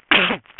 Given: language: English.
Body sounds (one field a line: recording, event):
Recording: throat vibration sensor signal played as sound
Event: cough